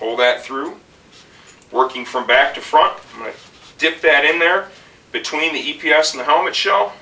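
Someone talks while fitting the second cheek pad into an Arai RX-Q motorcycle helmet, pulling the helmet strap through and dipping the pad between the EPS liner and the helmet shell, working from back to front. Only speech and faint handling sounds are heard. The pad has not snapped or seated into place yet.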